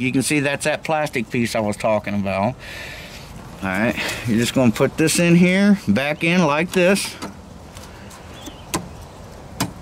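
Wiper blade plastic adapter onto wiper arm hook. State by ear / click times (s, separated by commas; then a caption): seated / 8.7 s, 9.6 s. Someone talks while a new direct-fit wiper blade with its plastic adapter piece is fitted back onto the wiper arm hook of a Toyota Tacoma or Corvette. The blade is then pressed down, with faint handling at 7.8 s and two sharp clicks at 8.7 s and 9.6 s as it seats onto the arm.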